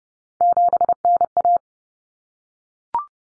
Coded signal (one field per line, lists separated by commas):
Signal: Morse code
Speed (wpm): 30 wpm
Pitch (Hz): 700 Hz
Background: none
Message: 7NA